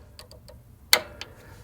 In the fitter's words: and get that click and then we're ready to start quilting